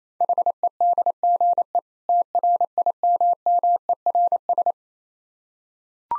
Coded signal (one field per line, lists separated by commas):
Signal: Morse code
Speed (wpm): 28 wpm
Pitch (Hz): 700 Hz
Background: none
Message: HEDGE TRIMMERS